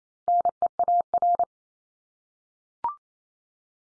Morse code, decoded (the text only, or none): NEAR